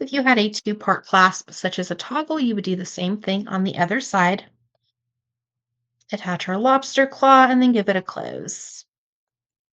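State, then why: Not seated. Someone talks while a metal jump ring holding a lobster claw clasp is handled with pliers to be squeezed closed. The speech pauses briefly in the middle, then resumes. The clip ends before the ring closes, so nothing has seated or clicked yet.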